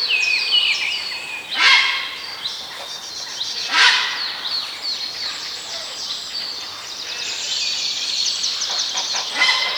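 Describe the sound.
Bird chorus of bright chirps and rapid twitters, several birds calling at once, with two louder bursts around two and four seconds, then dense high twittering continuing.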